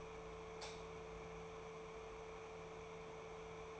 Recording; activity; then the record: daily activity, microphone in the room; light on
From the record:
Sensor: 1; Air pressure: 1014.6 hPa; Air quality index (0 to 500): 178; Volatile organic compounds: 15 ppm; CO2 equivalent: 2514 ppm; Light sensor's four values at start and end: 14/36/14/17 and 21/59/23/27